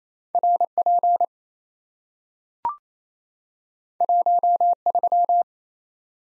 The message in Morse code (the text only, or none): RP 13